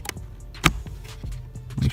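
A larger plastic wiring harness connector, the second and bigger of two, is pushed home into its socket on a BMW car during safety recall work. A sharp click at 0.7 s marks the latch as the connector seats.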